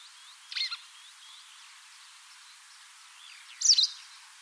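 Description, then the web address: Bird calling twice, short high chirpy notes about three seconds apart, over a soft chorus of other birds. "Deverinetal 2025 File origin Bird Only"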